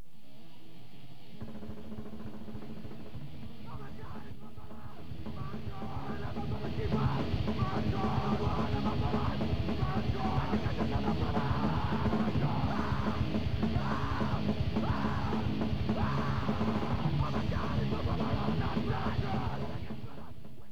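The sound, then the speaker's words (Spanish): A large crowd at the most recent demonstration shouts and chants together, a dense roar of many voices that swells after a few seconds into loud, rhythmic bursts of yelling that keep repeating. “Y nada, comentaros que hoy, en lugar de empezar con el típico texto que solemos leer o alguna cosilla que solemos hacer, pues hemos empezado con los gritos que se oían en la última mani.”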